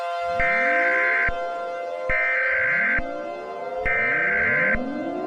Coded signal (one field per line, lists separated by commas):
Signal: Emergency Alert System (SAME) tones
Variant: header bursts